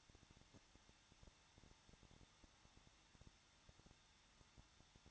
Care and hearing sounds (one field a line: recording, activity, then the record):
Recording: daily activity, microphone in the room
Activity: no activity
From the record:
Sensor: 3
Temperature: 21.2 degrees Celsius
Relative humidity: 36.4%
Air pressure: 1006.3 hPa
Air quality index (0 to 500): 223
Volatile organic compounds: 43 ppm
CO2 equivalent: 3200 ppm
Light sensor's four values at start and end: 2/3/2/2 and 2/3/2/2